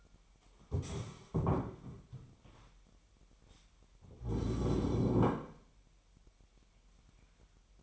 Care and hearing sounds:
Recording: daily activity, microphone in the room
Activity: stand up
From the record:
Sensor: 1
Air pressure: 998.6 hPa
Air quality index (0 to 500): 118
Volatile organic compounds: 3 ppm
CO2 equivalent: 1408 ppm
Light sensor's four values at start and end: 8/19/8/9 and 8/18/7/9

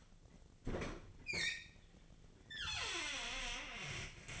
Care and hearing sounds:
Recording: daily activity, microphone in the room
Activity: open fridge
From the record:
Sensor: 4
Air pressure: 1010.5 hPa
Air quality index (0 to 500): 178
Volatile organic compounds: 5 ppm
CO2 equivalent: 1805 ppm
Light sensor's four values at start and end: 32/95/37/37 and 28/84/33/33

